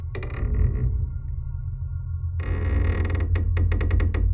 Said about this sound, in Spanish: En aquel momento la puerta se abrió por completo y a continuación se cerró de un portazo.